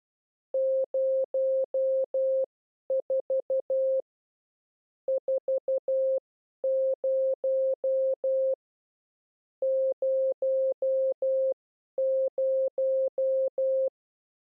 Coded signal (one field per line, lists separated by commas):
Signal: Morse code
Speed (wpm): 12 wpm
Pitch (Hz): 530 Hz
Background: none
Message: 04 40 00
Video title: How to Learn CW / Video #9 Group 2 / Characters 4 0